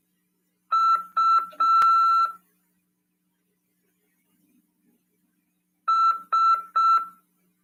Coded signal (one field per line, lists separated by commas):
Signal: Morse code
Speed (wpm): 6 wpm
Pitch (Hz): 1340 Hz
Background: none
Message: U S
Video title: RADIOAMADOR 24/9/2022 "AULA 9: CW, C. RODADA e LEGISLAÇÃO" PY2EXU PAULO SP/SP 22 ANOS de RAF/CRASP.